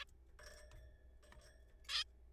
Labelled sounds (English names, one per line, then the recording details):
Zebra Finch
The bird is a juvenile
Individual R3428